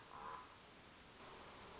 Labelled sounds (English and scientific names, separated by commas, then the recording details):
Common Raven (Corvus corax)
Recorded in Sonoma County, California